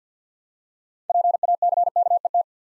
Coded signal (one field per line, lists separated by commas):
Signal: Morse code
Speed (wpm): 51 wpm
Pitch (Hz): 700 Hz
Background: none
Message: PACKET